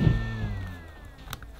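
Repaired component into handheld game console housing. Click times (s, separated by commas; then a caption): 1.3 s. After a repair that now passes a continuity test, a part of a handheld Mega Drive clone console is pushed back into its plastic housing. A low hum and a faint steady tone fade away, then a sharp click at 1.3 s is followed by two lighter ticks. The part seats in place.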